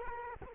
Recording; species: mosquito wingbeat signal from an infrared sensor; Culex quinquefasciatus